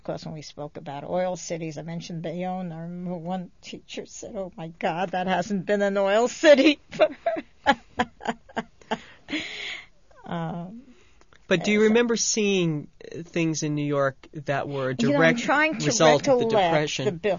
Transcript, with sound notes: Of course, when we spoke about oil cities and mentioned Bayonne, I remember one teacher said, "Oh, my God, that hasn't been an oil city for.. ." ( she laughs )
But do you remember seeing things in New York that were a direct result of the Depression.